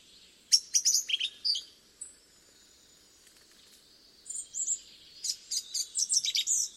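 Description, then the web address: Song thrush song: bright, high, chirpy phrases in two bursts split by a long pause, each burst a run of quick repeated sharp notes and whistles. "cianscape birddata Deverinetal 2025"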